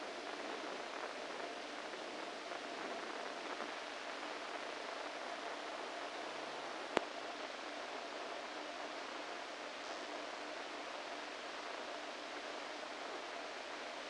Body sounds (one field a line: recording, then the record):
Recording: brain microelectrode recording played as sound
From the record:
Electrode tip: inside the subthalamic nucleus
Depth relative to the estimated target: -3 mm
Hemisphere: right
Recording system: NeuroSet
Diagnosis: Parkinson's disease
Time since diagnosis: 14 years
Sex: male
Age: 51 years